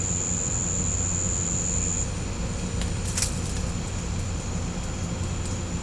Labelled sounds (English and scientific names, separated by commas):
none